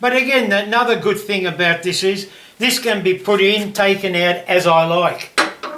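Someone talks while handling a removable lifter wheel handle, which fits onto a drill press table crank shaft and snaps into place with ball-bearing detents. The handle has not gone home yet, and nothing has seated or clicked in this clip.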